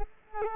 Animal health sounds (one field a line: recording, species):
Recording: mosquito wingbeat signal from an infrared sensor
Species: Culex quinquefasciatus